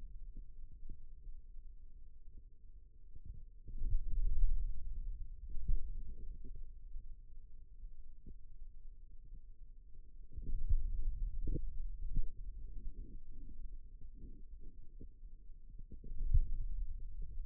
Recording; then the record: forearm muscle sounds (acoustic myography)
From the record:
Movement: pen grasping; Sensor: system 2, bracelet of six BSWA MPA416 microphones around the upper forearm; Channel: 4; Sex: male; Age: 22 years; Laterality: right